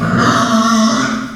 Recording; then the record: squeal of a Yucatan mini pig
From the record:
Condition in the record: after surgery on the right vocal fold (resection and tissue-engineered implant); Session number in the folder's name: 11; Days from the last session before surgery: 98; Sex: female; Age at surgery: 19 weeks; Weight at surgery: 25 kg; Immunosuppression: prednisolone